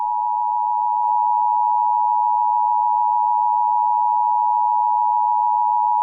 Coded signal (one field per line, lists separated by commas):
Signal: Emergency Alert System (SAME) tones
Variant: 853 and 960 Hz attention tone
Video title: Eas scenario 6 toxic virus (part 1)